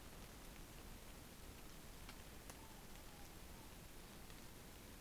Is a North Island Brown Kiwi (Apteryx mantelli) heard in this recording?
no